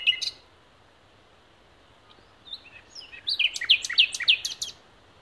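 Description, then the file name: Common nightingale song: a brief opening note, a pause, then soft twittering building into a run of loud, sharp, repeated whistled notes. "Luscinia megarhynchos"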